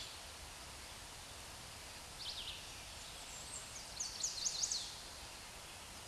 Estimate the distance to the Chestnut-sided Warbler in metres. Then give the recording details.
about 35 m. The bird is about 10 m above the microphone. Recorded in a Pennsylvania forest on 16 May 2024 at 07:03. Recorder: AudioMoth, point MSD-2142. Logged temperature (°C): 16.7 °C. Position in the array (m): 11 m, 20 m